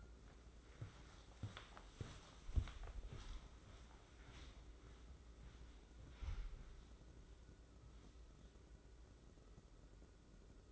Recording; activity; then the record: daily activity, microphone in the room; walk to room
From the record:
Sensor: 3